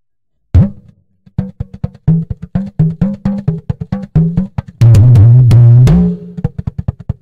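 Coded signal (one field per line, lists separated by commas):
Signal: talking drum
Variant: Yoruba dùndún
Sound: a quick run of low pitched drum strokes, one long humming stroke sliding in pitch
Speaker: it means the son that we gave back to you or the daughter we give back to is a good child it's someone that will become a great personality later in the future it means I'm rejoicing with the newborn baby so let's try to play it on the 68 bat on slow 44 bit and fast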